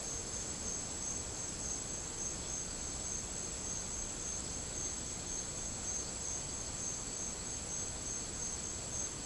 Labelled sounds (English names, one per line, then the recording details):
none
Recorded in dense forest near Puerto Asís, Putumayo, Colombia, on 9 March 2025 at 14:30
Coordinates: 0.467, -76.328
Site G041